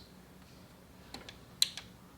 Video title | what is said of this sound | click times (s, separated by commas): RX 6600 - Sapphire Pulse RX 6600 Unboxing and Installing | it went up and then just latched down and now | 1.6 s